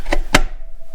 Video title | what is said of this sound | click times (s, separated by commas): The Chevy Nova Transmission Rebuild - Cheap and Cheesy | it should click into place | 0.1 s, 0.4 s